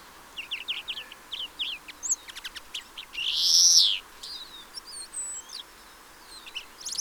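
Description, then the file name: Greenfinch twitters in quick notes around one loud, drawn-out nasal wheeze in the middle, then thin whistles and chirps. "Chloris chloris"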